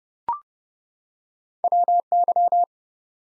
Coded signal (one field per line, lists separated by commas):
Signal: Morse code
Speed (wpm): 30 wpm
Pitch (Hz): 700 Hz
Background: none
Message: WY